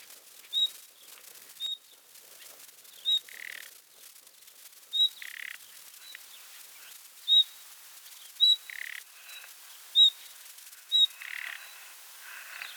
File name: Luscinia megarhynchos